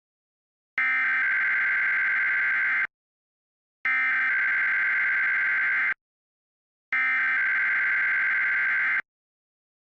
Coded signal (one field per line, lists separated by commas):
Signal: Emergency Alert System (SAME) tones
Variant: header bursts